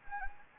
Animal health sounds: mosquito wingbeat signal from an infrared sensor; Anopheles gambiae

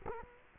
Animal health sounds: mosquito wingbeat signal from an infrared sensor; Culex quinquefasciatus

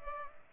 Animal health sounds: mosquito wingbeat signal from an infrared sensor; Culex pipiens

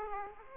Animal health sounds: mosquito wingbeat signal from an infrared sensor; Aedes aegypti

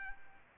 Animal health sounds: mosquito wingbeat signal from an infrared sensor; Aedes albopictus

